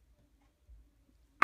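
A screwdriver presses down on a plastic retainer piece over the stub axle carrier of a Traxxas Slash RC truck. After a quiet stretch with a faint low rumble, one sharp, loud click comes at 1.4 seconds as the piece snaps into place and seats.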